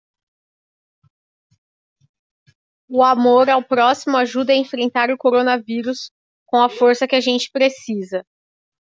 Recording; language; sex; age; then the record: spoken sentence; Brazilian Portuguese; female; 30 to 39 years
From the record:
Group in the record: control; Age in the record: 37 years